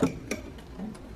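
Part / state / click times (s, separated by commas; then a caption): harness connector into the front SAM module / not seated / none. A harness connector is handled at the front SAM module of a Mercedes-Benz, with sharp little ticks at about 0.3 s, 0.9 s and 1.2 s over a low background. The connector has not seated or clicked home yet.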